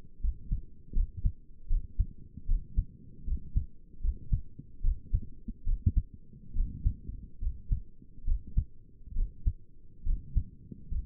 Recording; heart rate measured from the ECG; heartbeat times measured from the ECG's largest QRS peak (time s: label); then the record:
heart sounds by stethoscope; 73 bpm
0.23 s: heartbeat
0.96 s: heartbeat
1.70 s: heartbeat
2.48 s: heartbeat
3.27 s: heartbeat
4.03 s: heartbeat
4.84 s: heartbeat
5.67 s: heartbeat
6.56 s: heartbeat
7.42 s: heartbeat
8.27 s: heartbeat
9.16 s: heartbeat
10.06 s: heartbeat
10.91 s: heartbeat
From the record:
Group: healthy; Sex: male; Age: 22 years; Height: 181 cm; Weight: 79 kg